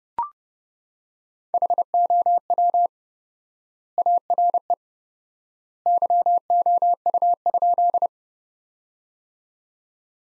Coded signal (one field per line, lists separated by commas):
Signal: Morse code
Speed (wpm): 30 wpm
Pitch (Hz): 700 Hz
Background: none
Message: HOW ARE YOU?